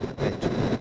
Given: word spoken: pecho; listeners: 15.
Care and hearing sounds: one Spanish word in noise, from a listening test; noise modulated by three-talker babble; -7.8 dB; 5 of 15; 7 of 15; 0.41 s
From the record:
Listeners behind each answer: 7, 5, 1, 1, 1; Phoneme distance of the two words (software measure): 10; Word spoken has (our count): 2 syllables, 4 phonemes, stress on syllable 1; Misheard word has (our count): 2 syllables, 4 phonemes, stress on syllable 1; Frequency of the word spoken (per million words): 49.92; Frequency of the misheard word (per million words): 32.07

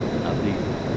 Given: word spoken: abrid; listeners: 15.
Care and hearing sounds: one Spanish word in noise, from a listening test; speech-shaped noise; -4.6 dB; 1 of 15; 8 of 15; 0.57 s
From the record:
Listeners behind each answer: 8, 2, 1, 1, 1, 1, 1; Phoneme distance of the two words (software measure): 10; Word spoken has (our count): 2 syllables, 5 phonemes, stress on syllable 2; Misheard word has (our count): 2 syllables, 5 phonemes, stress on syllable 2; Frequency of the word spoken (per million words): 0.27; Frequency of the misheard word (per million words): 57.52

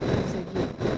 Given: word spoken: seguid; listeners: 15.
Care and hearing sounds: one Spanish word in noise, from a listening test; noise modulated by three-talker babble; -6.6 dB; 0 of 15; 10 of 15; 0.58 s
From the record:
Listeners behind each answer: 10, 2, 1, 1, 1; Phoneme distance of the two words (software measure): 10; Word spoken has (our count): 2 syllables, 5 phonemes, stress on syllable 2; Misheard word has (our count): 2 syllables, 5 phonemes, stress on syllable 2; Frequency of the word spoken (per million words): 0.50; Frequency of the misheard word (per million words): 152.47

